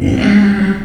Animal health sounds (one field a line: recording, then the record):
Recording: squeal of a Yucatan mini pig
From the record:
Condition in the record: after surgery on the right vocal fold (resection and tissue-engineered implant)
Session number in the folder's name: 1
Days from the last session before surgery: 13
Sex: female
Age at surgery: 19 weeks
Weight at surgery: 25 kg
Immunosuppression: prednisolone